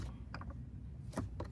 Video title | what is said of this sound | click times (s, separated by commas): OEDRO Tri-fold hard Tonneau cover install/#review TITAN Xd | just going to snap right in place. Give that a little tug. That secures the top down. | 0.3 s, 1.4 s